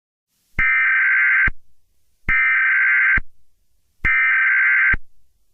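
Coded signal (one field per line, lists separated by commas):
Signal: Emergency Alert System (SAME) tones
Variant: header bursts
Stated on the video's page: Fictional EAS scenario using valid EAS tones.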